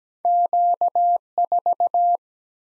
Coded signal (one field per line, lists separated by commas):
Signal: Morse code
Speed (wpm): 17 wpm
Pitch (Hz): 700 Hz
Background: none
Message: Q 4